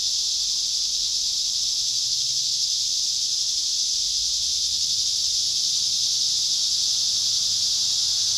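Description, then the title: Cicadas buzzing as a group, one unbroken high whine. Cicadas at Trinity. "neoscenes: cicadas at Trinity"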